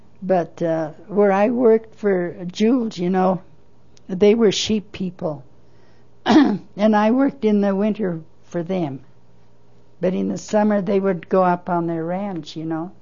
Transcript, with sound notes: But where I worked for Jule, you know - they were sheep people. (clears throat) And I worked in the winter for them but in the summer they would go up on their ranch, you know.